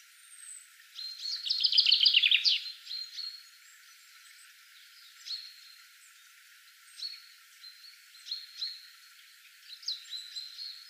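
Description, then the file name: Common chaffinch song: one loud rattling phrase near the start, followed by scattered short high chips and brief notes against a faint hiss. "Fringilla coelebs"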